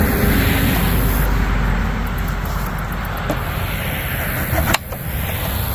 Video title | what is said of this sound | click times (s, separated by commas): Haunted Living 10ft poseable skeleton assembly without instructions, purchased from lowes! | Slides in there till it clicks. | 4.7 s